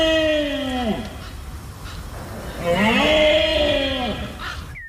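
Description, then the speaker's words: Red deer roaring twice, each a drawn-out harmonic call that drops in pitch at the end, over a steady low rumble. Rutting roar (berrea); the rut began late this year in several parts of Spain. "Así suena la berrea del ciervo, que este año ha comenzado tarde en varios puntos de España."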